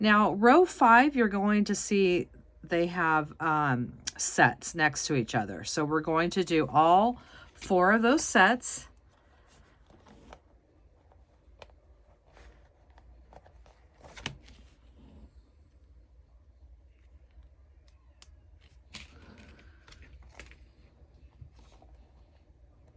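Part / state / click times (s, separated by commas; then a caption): plastic zip tie tail into its ratchet head on a wreath board / not seated / none. Someone talks for the first nine seconds, then quiet handling follows as a plastic zip tie is worked through the holes of a wire wreath board, with one sharp tap at about 14.3 s. The zip tie tail is meant to ratchet a couple of clicks into its head to preload it, but nothing has seated or clicked yet.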